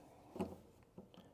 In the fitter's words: connects Pops in snaps in place